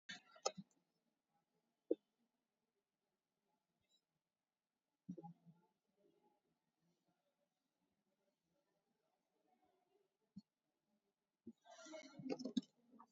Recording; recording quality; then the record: deep breathing; poor, much background noise or distortion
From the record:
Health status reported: COVID-19 positive, mild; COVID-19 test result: positive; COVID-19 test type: RT-PCR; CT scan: taken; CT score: 4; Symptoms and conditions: cold, breathing difficulty, sore throat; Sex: female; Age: 64 years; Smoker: no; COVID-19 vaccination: one dose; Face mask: not worn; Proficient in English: yes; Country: India